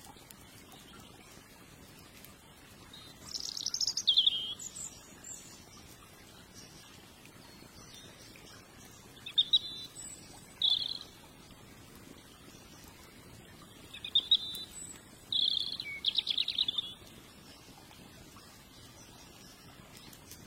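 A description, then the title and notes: Birdsong sounds in short bright bursts of chirps and trills, at about 3–4 seconds, around 9–11 seconds, and again from 14 to 17 seconds. Between phrases a soft, steady low rush continues underneath, with faint scattered crackles. Surrounded by the fire and the healing birdsong by the gentle river.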